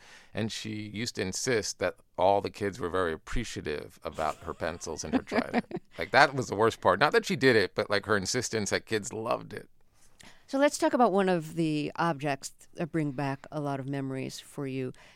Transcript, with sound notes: And she used to insist that all the kids were very appreciative about her pencils and her Trident.
(Laughter).
Like, that was the worst part - not that she did it, but, like, her insistence that kids loved it.
So let's talk about one of the objects that bring back a lot of memories for you.